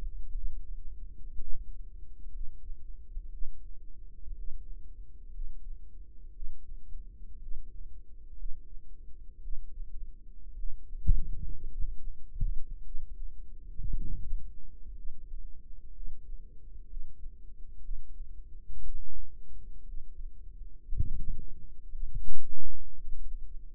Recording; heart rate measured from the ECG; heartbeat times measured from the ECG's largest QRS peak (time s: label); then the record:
heart sounds by microphone in the right ear; 58 bpm
0.33 s: heartbeat
1.38 s: heartbeat
2.31 s: heartbeat
3.30 s: heartbeat
4.36 s: heartbeat
5.32 s: heartbeat
6.33 s: heartbeat
7.40 s: heartbeat
8.36 s: heartbeat
9.41 s: heartbeat
10.56 s: heartbeat
11.68 s: heartbeat
12.83 s: heartbeat
13.94 s: heartbeat
14.95 s: heartbeat
15.93 s: heartbeat
16.87 s: heartbeat
17.81 s: heartbeat
18.83 s: heartbeat
19.85 s: heartbeat
20.83 s: heartbeat
21.92 s: heartbeat
22.95 s: heartbeat
From the record:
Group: healthy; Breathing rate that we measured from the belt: 20 breaths a minute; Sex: female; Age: 28 years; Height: 170 cm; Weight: 77 kg